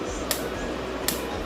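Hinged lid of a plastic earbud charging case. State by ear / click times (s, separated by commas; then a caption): seated / 0.3 s, 1.1 s. The hinged plastic lid of a Realme TechLife Buds T100 earbud charging case is closed twice and clicks shut at 0.3 s and 1.1 s. Each click is a short, sharp snap over a steady background hiss. The lid seats shut both times.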